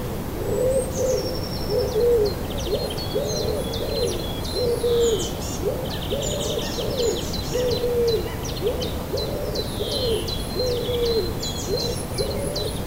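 A dawn bird chorus at sunrise in a Danish city, with busy high chirps and trills running without pause. A low hooting call repeats steadily about once a second throughout, over a constant low rumble of city noise.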